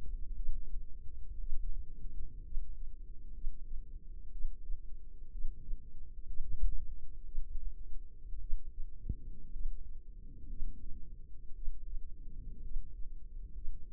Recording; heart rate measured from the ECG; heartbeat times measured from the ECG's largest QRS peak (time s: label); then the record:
heart sounds by microphone in the left ear; 59 bpm
0.34 s: heartbeat
1.39 s: heartbeat
2.43 s: heartbeat
3.33 s: heartbeat
4.31 s: heartbeat
5.30 s: heartbeat
6.25 s: heartbeat
7.24 s: heartbeat
8.39 s: heartbeat
9.51 s: heartbeat
10.48 s: heartbeat
11.54 s: heartbeat
12.61 s: heartbeat
13.53 s: heartbeat
From the record:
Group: healthy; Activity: rest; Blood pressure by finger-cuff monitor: 92/62 mmHg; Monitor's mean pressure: 71 mmHg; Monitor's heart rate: 59 bpm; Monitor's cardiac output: 4.5 L/min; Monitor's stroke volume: 75 mL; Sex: female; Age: 36 years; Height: 163 cm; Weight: 88 kg